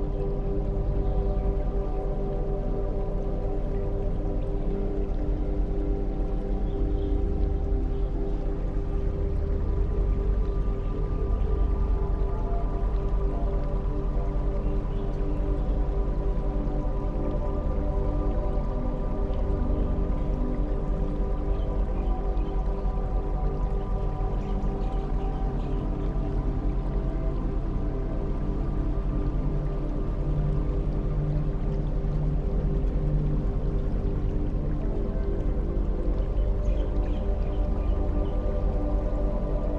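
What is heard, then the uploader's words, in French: Relaxation music with the sound of gently flowing river water. Sustained, low, droning tones hold steady throughout, with soft, bright trickling and dripping textures above them. The level stays constant for the whole stretch, with no clear breaks or sudden events. Au bord de la rivière. Musique de relaxation avec le son de l'eau d'une douce rivière qui coule.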